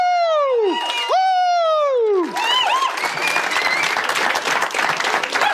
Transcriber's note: applause